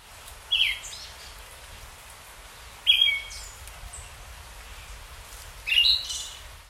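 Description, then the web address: Siberian thrush song: three short whistled phrases, a few seconds apart. "bird song mamiziro"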